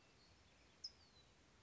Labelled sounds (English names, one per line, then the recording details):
California Towhee
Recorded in Sonoma County, California